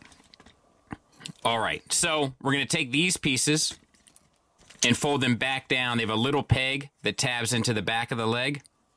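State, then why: Not seated. Someone talks while folding plastic leg pieces back down on an X-Transbots Caravaggio (Hauler) transforming robot toy, so that a small peg on each folding panel will tab into a slot in the back of the leg. A few faint handling taps and clicks sound between and around the speech. Nothing has seated or clicked into place yet.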